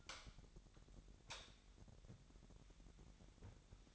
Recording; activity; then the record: daily activity, microphone in the room; light on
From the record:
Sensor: 3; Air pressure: 1011.9 hPa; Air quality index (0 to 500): 234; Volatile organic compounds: 5 ppm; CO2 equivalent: 1736 ppm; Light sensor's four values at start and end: 15/34/14/15 and 17/43/18/18